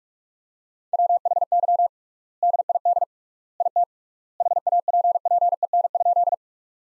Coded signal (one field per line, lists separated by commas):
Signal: Morse code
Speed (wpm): 42 wpm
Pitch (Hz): 700 Hz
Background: none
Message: WHY DID IT HAPPEN?